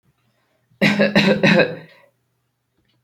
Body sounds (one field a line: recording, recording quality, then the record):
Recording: shallow voluntary cough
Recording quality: excellent, no background noise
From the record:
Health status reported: exposed to COVID-19, no respiratory illness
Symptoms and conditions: sore throat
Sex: male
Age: 18 years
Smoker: not ticked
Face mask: not worn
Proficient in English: yes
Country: India